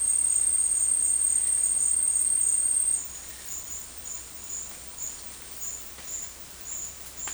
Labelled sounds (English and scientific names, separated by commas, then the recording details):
none
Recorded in dense forest near Puerto Asís, Putumayo, Colombia, on 18 February 2024 at 12:00
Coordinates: 0.484, -76.317
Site G6464